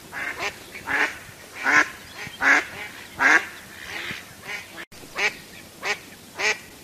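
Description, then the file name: Duck giving hoarse, nasal quacks about every three quarters of a second, the loudest in the middle, followed by a short gap and three more calls. "Tieng vit troi keu"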